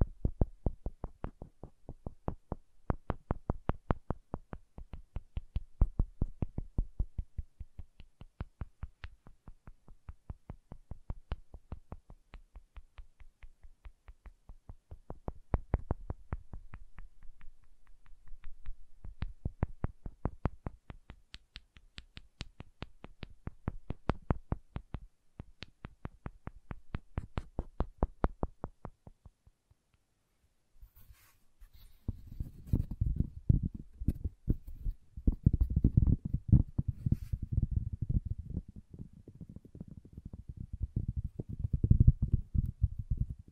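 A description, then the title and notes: Wooden tapping and knocking in rapid, dense bursts of short sharp clicks, swelling and easing in waves for the first half minute. After a brief pause near 30 seconds, a lower, duller rubbing and thudding on wood takes over, steady and fuller until the end. ASMR Calming Wood Triggers for Sleep (No Talking).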